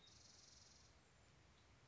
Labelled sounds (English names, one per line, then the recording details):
Spotted Towhee
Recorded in Sonoma County, California